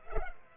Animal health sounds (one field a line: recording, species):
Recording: mosquito wingbeat signal from an infrared sensor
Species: Culex pipiens